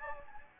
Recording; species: mosquito wingbeat signal from an infrared sensor; Anopheles gambiae